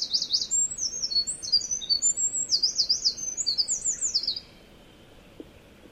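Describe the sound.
Wren song, a vigorous burst of high trills and zigzag rattles lasting about four seconds, followed by quiet with a faint click.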